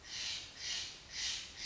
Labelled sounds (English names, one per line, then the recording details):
Steller's Jay
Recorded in Sonoma County, California